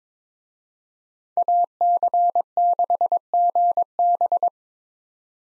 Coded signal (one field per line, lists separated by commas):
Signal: Morse code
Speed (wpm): 22 wpm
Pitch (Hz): 700 Hz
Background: none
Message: AC6GB